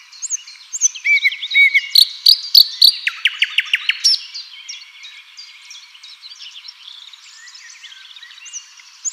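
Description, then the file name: Common nightingale song: loud phrases of sharp repeated notes and high whistles, then quieter varied twittering. "Luscinia megarhynchos"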